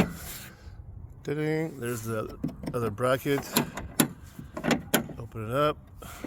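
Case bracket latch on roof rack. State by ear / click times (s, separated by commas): not seated / none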